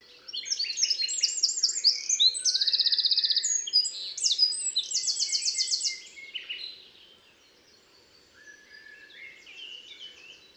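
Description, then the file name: Eurasian wren singing a loud, hurried mix of high twitters and fast rattling trills for about six seconds, then quieter warbling notes follow. "Troglodytes troglodytes 301298"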